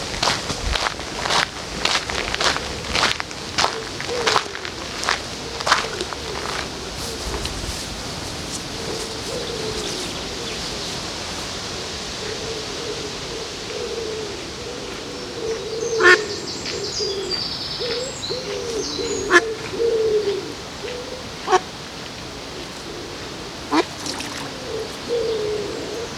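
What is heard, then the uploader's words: Along the river in Odense, a steady low rush runs beneath the whole recording. Sharp clicks and taps come often in the first ten seconds, then more sparsely, while soft low cooing calls repeat through most of it and a brief high chirping appears around sixteen seconds. Sounds along the river in Odense, Denmark.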